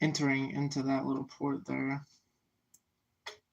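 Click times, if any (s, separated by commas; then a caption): 3.3 s. Someone talks, then a flat ribbon cable connector, pulled back and lined up with the small port on a PS5 console board, is pushed in. A faint tick comes at 2.7 s, and a sharp click at 3.3 s shows the connector has seated in the port.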